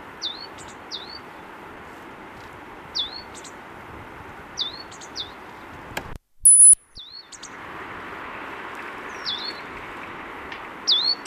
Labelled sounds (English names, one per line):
Great Tit song